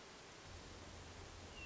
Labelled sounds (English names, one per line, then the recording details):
Hermit Thrush
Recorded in Sonoma County, California